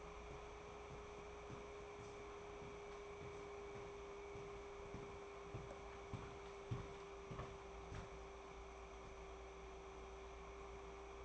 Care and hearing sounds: daily activity, microphone in the room; walk to room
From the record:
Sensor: 1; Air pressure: 1010.5 hPa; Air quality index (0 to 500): 171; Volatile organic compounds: 12 ppm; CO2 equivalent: 2360 ppm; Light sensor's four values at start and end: 48/125/52/66 and 48/126/51/66

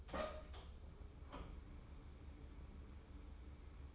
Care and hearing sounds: daily activity, microphone in the room; open door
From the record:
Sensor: 1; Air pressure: 1015.2 hPa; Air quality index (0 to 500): 142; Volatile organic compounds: 7 ppm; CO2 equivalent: 1961 ppm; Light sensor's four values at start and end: 14/32/14/15 and 14/32/14/15

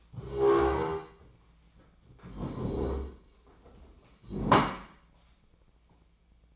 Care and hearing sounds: daily activity, microphone in the room; stand up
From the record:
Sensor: 1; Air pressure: 1012.3 hPa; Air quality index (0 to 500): 176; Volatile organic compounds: 3 ppm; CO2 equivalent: 1449 ppm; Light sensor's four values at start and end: 44/119/48/59 and 44/118/48/59

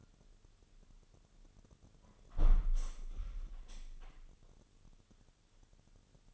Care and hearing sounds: daily activity, microphone in the room; close window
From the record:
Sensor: 4

